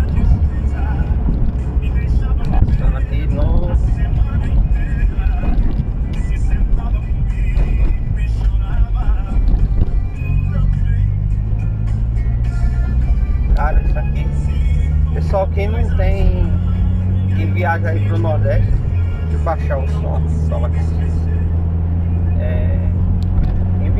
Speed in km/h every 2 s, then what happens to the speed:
75, 65, 45, 37, 25, 16, 17, 21, 35, 40, 59, 82.
0-11 brakes to 16. 11-22 speeds up to 82.